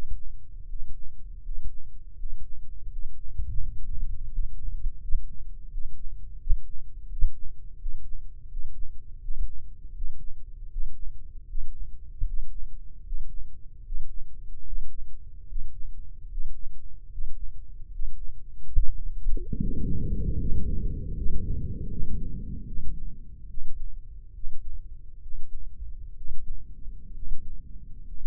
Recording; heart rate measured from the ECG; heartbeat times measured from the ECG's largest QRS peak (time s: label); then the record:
heart sounds by microphone in the left ear; 77 bpm
0.62 s: heartbeat
1.38 s: heartbeat
2.13 s: heartbeat
2.86 s: heartbeat
3.57 s: heartbeat
4.28 s: heartbeat
4.98 s: heartbeat
5.67 s: heartbeat
6.37 s: heartbeat
7.06 s: heartbeat
7.76 s: heartbeat
8.47 s: heartbeat
9.18 s: heartbeat
9.92 s: heartbeat
10.68 s: heartbeat
11.45 s: heartbeat
12.24 s: heartbeat
13.02 s: heartbeat
13.82 s: heartbeat
14.63 s: heartbeat
15.46 s: heartbeat
16.27 s: heartbeat
17.09 s: heartbeat
17.89 s: heartbeat
18.71 s: heartbeat
19.56 s: heartbeat
20.37 s: heartbeat
21.14 s: heartbeat
21.88 s: heartbeat
22.65 s: heartbeat
23.47 s: heartbeat
24.33 s: heartbeat
25.20 s: heartbeat
26.14 s: heartbeat
27.12 s: heartbeat
28.03 s: heartbeat
From the record:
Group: healthy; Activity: breath hold 0-18 s, rest 18-28 s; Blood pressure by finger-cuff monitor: 118/76 mmHg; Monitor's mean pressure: 87 mmHg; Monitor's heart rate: 77 bpm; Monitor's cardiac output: 7.1 L/min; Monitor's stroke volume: 92 mL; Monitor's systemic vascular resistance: 890 dyn s/cm5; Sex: male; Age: 23 years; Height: 178 cm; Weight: 96.6 kg